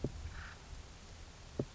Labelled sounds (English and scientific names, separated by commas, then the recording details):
Acorn Woodpecker (Melanerpes formicivorus)
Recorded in Sonoma County, California